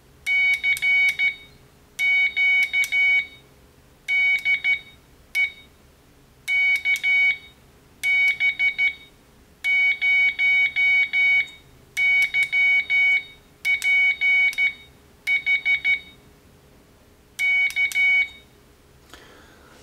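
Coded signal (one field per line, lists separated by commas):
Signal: Morse code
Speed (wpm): 13 wpm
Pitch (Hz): 2250 Hz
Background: none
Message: CQ DE KB0YPH K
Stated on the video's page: Sent with a homemade plastic spoon paddle and an ATtiny85-based keyer.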